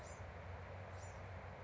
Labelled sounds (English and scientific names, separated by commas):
Bewick's Wren (Thryomanes bewickii)